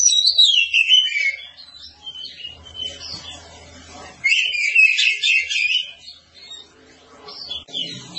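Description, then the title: Oriental magpie-robin singing in bursts: a descending whistled phrase, a quieter stretch with faint hum, then a loud scratchy warbled sequence and scattered notes. Long-duration song style (durasi panjang). "Kacer"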